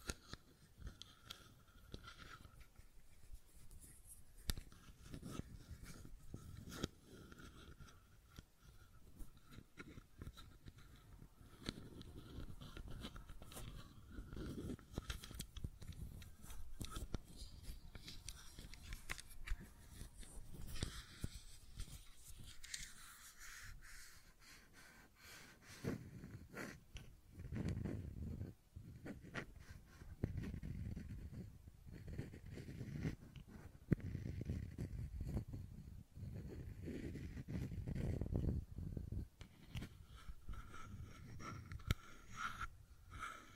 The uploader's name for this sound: Fidget Cube Tapping and Clicking Sounds